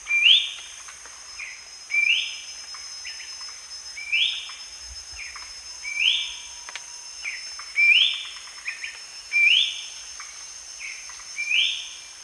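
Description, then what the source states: Ferruginous babbler repeating a rising whistled phrase with short follow-up notes roughly every two seconds, about seven times, over a steady insect drone. Recorded at Danum on 1 January 2008.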